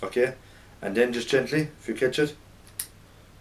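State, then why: Seated. A Steyr SSG 69 rifle bolt head is pushed against its spring and turned into the bolt body while someone talks. A sharp click at 2.8 s is the second click, and it locks the bolt head into position.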